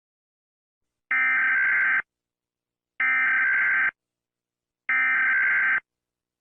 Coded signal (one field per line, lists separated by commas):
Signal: Emergency Alert System (SAME) tones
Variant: header bursts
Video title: EAS Scenario: The Awakening Of FCLB.exe (READ DESC BEFORE WATCHING THIS)